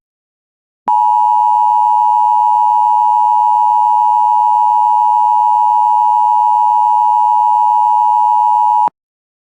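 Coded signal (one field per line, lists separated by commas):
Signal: Emergency Alert System (SAME) tones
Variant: 853 and 960 Hz attention tone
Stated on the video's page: Tornado Warning alert received on WJON-IP, screen-recorded.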